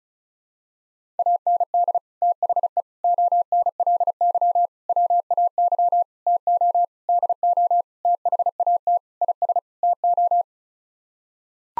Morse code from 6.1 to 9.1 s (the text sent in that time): TO DO THAT